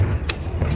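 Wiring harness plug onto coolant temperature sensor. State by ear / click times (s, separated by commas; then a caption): seated / 0.3 s. A wiring harness plug (socket) is pushed onto a new coolant temperature sensor until it locks. A steady low rumble runs under a single sharp latch click at 0.3 s, and the connector is seated and locked.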